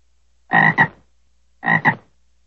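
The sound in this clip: American bullfrog croaking, two deep, rough double croaks about a second apart, with silence around them.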